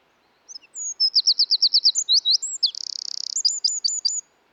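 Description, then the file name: Eurasian wren song, very high and vigorous: a run of rapid notes, twisting slurs, a buzzing trill, and a few crisp closing notes. "British Library - European Wren Troglodytes troglodytes"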